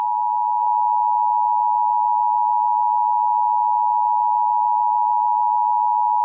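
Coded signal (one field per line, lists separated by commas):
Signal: Emergency Alert System (SAME) tones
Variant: 853 and 960 Hz attention tone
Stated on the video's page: Fictional scenario alert about Smile Dog.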